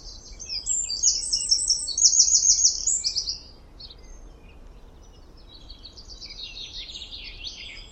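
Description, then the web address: High, rapid bird chirps and trills for about three seconds, then near quiet with softer twittering returning toward the end over a low hum. "Deverinetal 2025 File origin Bird Only"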